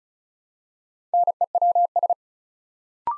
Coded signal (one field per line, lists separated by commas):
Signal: Morse code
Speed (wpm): 36 wpm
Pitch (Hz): 700 Hz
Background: none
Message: NEWS